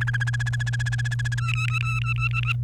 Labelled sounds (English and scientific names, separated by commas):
Domestic Canary (Serinus canaria) song